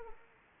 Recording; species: mosquito wingbeat signal from an infrared sensor; Anopheles arabiensis